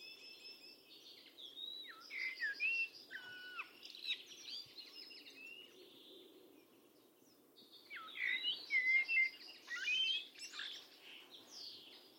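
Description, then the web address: Bird calls: jumbled chirps and short whistles in the opening seconds, a quieter stretch, then a louder run of bright whistled, slurred notes near the end. Calls rendered as "tu me tu me". "cianscape birddata Deverinetal 2025 Bird Only Tu Me Tu Me"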